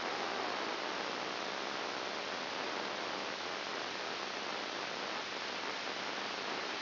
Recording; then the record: brain microelectrode recording played as sound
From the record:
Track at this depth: inside the subthalamic nucleus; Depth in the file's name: 6.701 mm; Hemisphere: left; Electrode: 2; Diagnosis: Parkinson's disease